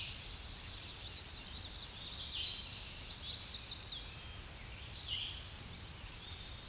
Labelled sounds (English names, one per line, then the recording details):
Chestnut-sided Warbler song
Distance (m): 55 m
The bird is about 5 m above the microphone
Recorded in a Pennsylvania forest on 16 May 2024 at 06:52
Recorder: AudioMoth, point MSD-1893
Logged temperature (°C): 16.6 °C
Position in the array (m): 10 m, 20 m